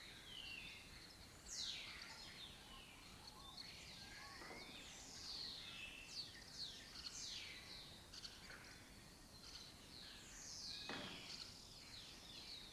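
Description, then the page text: Lesser kestrel calls, many overlapping harsh falling squeals from a noisy group of birds, continuous chatter with brief louder bursts. Breeding colony in an abandoned building or house complex in Doñana, southern Europe; a migratory raptor that forages in West Africa. "Lesser Kestrels Took Over an Abandoned Building. A migratory raptor wich spends its foraging time in West Africa and breeds in southern Europe. Here in Doñana"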